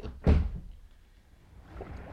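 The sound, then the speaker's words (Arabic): A single heavy thud of a door being pulled shut behind someone leaving, a sharp low-pitched impact that fades quickly into quiet with a faint rustle afterward. “اقفل الشباك. طب خد الباب وراك.”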